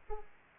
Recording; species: mosquito wingbeat signal from an infrared sensor; Aedes aegypti